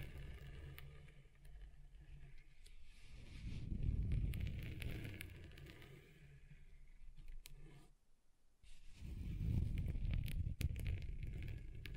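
Scratching on a table surface comes in long rasping strokes that swell and fade, loudest around four seconds and again after nine. A short silent gap falls near eight seconds, and sharp little clicks and ticks dot the scraping throughout.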